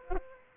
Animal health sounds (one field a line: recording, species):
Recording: mosquito wingbeat signal from an infrared sensor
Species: Aedes aegypti